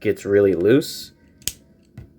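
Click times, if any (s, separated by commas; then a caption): 1.5 s. Someone talks at the start while moving the loose plastic ankle joint of a Transformers Legacy Deluxe Elita-1 toy figure, a friction joint that gets really loose past a certain point. A sharp click is heard at 1.5 s as the joint clicks into place, followed by a few faint ticks. The ankle is seated, but it is judged a poor design that makes the figure hard to pose.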